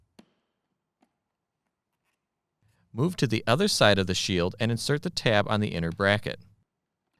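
A plastic tab of the inner sun visor is pushed into the inner bracket of a modular helmet and seats with a sharp click at 0.2 s, followed by a fainter tick at 1.0 s. From about 2.9 s to 6.5 s someone talks.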